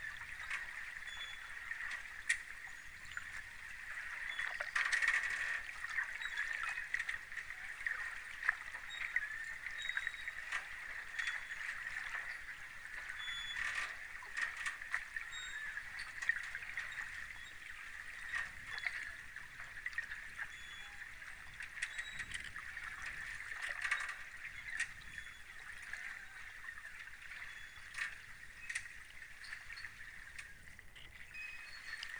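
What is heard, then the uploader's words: Water laps and trickles steadily at a riverside pier beneath a bridge, with a continuous bright hiss centred high and a soft low rumble underneath. Brief louder splashes or knocks stand out near 5, 14 and 24 seconds, while traffic murmurs throughout. Cadogan Pier, north bank of the Thames, London, Spring 2023 – by Lucy Wood. Cadogan Pier, North Bank of the river Thames, beneath Albert Bridge near Chelsea Embankment.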